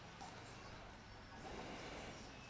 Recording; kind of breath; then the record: one breath in and out by a microphone near the nose and mouth; deep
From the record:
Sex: male